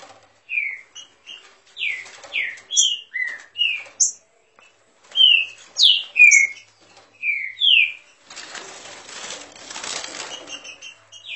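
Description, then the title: Green-winged saltator song of clear whistled notes and slurs in a steady run, followed by several seconds of rustling noise with faint whistles. Warming up its song; song style referred to as voice 09. "Canto De Trinca Ferro Voz 09. Trinca Ferro esquentando!"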